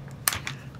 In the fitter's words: insert around push the barrel until you hear a positive click